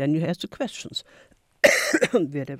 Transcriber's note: coughs